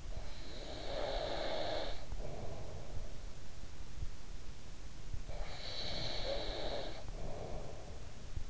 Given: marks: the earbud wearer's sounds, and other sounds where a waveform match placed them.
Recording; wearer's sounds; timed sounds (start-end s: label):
sounds in sleep by an in-ear microphone; snoring breath, breath
0.00-3.63 s: snoring breath
4.93-8.34 s: breath